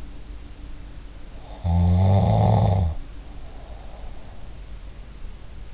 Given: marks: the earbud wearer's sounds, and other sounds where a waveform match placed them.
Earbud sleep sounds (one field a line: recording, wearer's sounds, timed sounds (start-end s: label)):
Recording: sounds in sleep by an in-ear microphone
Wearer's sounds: snoring breath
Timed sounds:
1.66-4.41 s: snoring breath